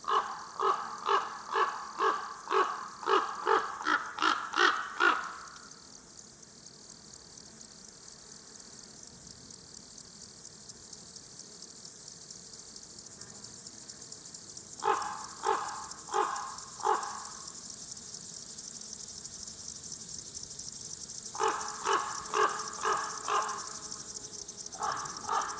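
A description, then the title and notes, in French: Criquets des adrets (Chorthippus apricarius) sing in bursts of rapid, regular pulses: a long run over the first five seconds, then shorter groups near 15 and 21 seconds. Between bursts a thin, steady high hiss holds, over a soft low rumble throughout. Forêt de Val Drôme, lieu dit la Sarcena. Nagra seven, stereo 2xmk40. Un magnifique concert de Criquets des adrets (Chorthippus apricarius).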